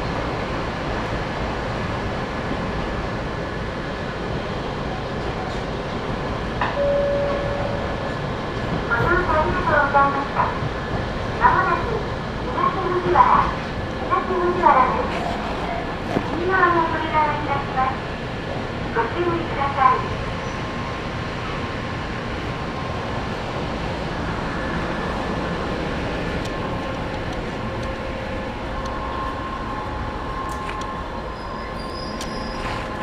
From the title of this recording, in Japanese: 三岐鉄道三岐線 西藤原→北勢中央公園口